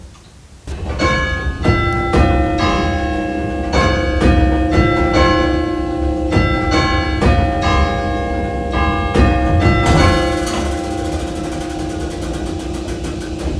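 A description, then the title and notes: Church bells of St Carantoc ring in rapid overlapping strikes after a quiet first second, their sustained tones layering into a dense, continuous peal. Bell Tower. The bells of St Carantoc Church, Crantock Village, Newquay, Cornwall, England.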